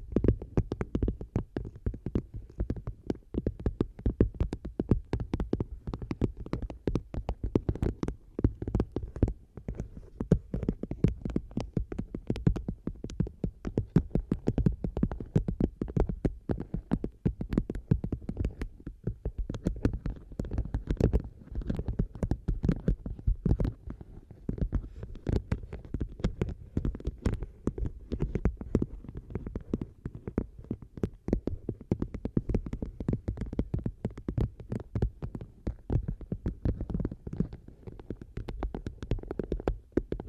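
Tapping on assorted objects, in quick, dense bursts of soft knocks and clicks that continue without a break for the whole forty seconds. The taps are mostly low and thudding, with brief brighter clicks on top, over a faint steady hum.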